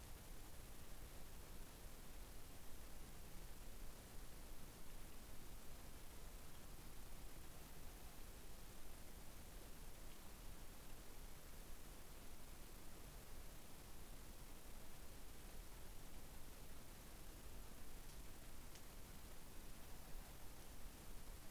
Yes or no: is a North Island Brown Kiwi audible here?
no